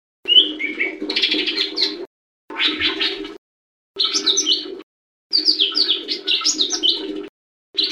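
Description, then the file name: Leafbird song in rich, varied bursts of quick whistled and chattering notes, sliding high and low, in phrases of about one to two seconds with short pauses. "audio cucak hijau mini. omkicau"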